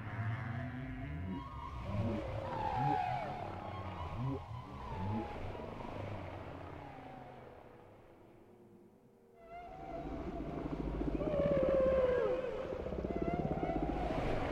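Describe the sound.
Whale song of overlapping moans and whoops, fading to a brief lull midway before rising again with bright tonal cries over steady low rumble.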